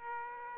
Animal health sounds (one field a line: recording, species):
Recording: mosquito wingbeat signal from an infrared sensor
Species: Aedes aegypti